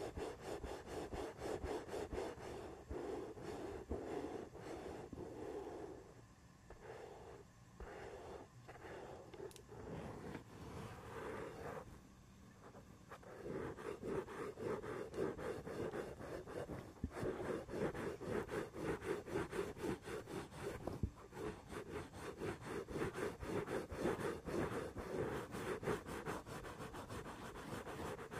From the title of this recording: ASMR brain scratch // mic touching // head and back scratcher